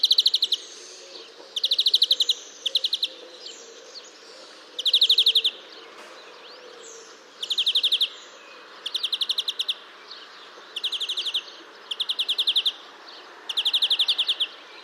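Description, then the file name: European greenfinch giving rapid chattering trills in bursts of five to eight notes, repeated every second or two throughout. "Chloris chloris"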